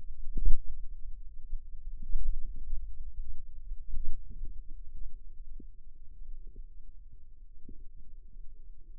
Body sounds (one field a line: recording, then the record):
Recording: forearm muscle sounds (acoustic myography)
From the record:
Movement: finger pinch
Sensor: system 2, bracelet of six BSWA MPA416 microphones around the upper forearm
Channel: 1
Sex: female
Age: 22 years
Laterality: right